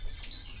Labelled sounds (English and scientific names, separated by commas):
Stitchbird (Notiomystis cincta) song